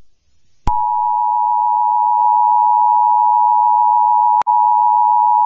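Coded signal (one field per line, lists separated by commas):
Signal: Emergency Alert System (SAME) tones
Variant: 853 and 960 Hz attention tone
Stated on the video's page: Fictional Emergency Alert System alarm about the sun disappearing; simulated.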